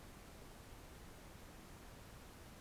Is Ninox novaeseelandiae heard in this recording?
no